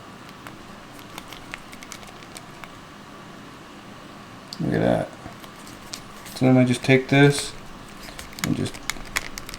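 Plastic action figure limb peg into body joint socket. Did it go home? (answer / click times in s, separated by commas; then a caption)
yes / 8.9 s, 9.2 s. Someone talks while pushing a detached plastic action figure limb back onto its ball peg in the figure's body joint socket. Scattered small ticks and handling noise lead up to the moment it snaps in. Sharp clicks at 8.9 s and 9.2 s mark the limb seating firmly so it won't fall out.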